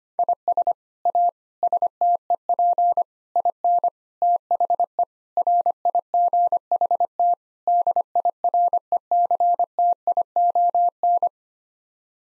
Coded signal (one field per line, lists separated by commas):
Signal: Morse code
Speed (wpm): 25 wpm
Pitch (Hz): 700 Hz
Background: none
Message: IS A STEP IN THE RIGHT DIRECTION